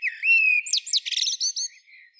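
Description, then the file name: Eurasian blackbird phrase: a smooth, rising-then-level fluted whistle that breaks into a quick burst of high, scratchy twittering notes. "Turdus merula"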